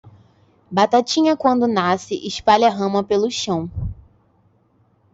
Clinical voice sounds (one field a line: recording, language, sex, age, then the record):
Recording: short text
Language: Brazilian Portuguese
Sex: female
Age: 20 to 29 years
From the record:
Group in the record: control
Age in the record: 23 years